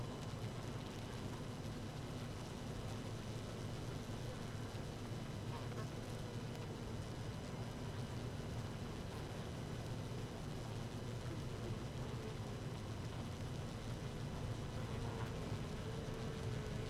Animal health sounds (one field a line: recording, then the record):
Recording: honeybee colony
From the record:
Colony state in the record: active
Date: 12 June 2018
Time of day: 18:00